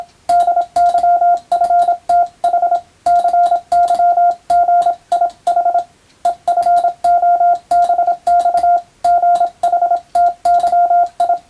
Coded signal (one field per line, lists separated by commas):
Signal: Morse code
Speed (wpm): 26 wpm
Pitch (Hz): 700 Hz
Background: none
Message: DYFTH CYGIH EFOBX GHTYI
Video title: ＦＴ８も楽しいけどＣＷはもっと楽しいぞ！モールス信号を操る匠の技！自分の頭の中で符号を変換して脳を活性化させよう！(morse code practice for radio operator )